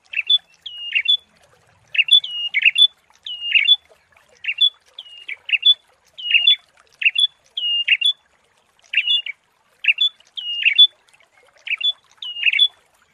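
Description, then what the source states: Prinia calls: short clusters of thin, high chips and sharp notes, given in scattered bursts with silent gaps between them. Long-duration Indonesian 'masteran' therapy recording of the prenjak, made for training songbirds.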